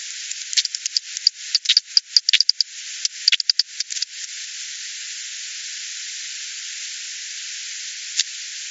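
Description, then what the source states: Bat calls: a rapid irregular burst of sharp clicks for about four seconds, then steady hiss with one last isolated click near the end. Recorded on 28 September 2020.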